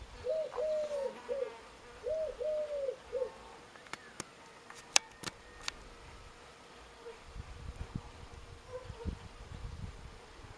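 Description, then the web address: Bird calling, two short runs of low, soft, warbled notes, then sharp clicks and taps, with faint similar notes later over steady background hiss. "Deverinetal 2025 File origin Bird Only"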